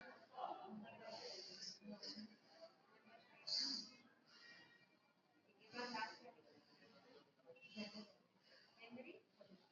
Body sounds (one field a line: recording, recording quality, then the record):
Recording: shallow breathing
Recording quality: moderate, slight background noise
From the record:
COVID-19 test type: RT-PCR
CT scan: not taken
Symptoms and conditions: cough, sore throat, another condition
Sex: female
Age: 22 years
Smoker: no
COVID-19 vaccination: both doses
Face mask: worn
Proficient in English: yes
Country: India